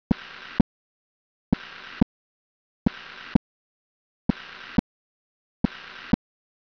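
Adult heart: a steady murmur fills the whole gap between two crisp heart sounds, at about 44 beats a minute. This is a holosystolic murmur.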